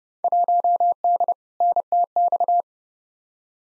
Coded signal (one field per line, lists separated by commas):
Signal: Morse code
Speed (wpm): 32 wpm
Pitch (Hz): 700 Hz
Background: none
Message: 1D NTX